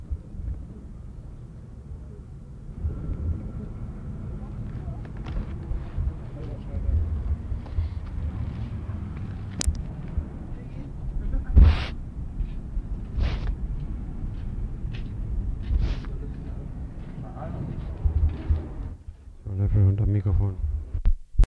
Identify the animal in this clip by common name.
Bat-eared Fox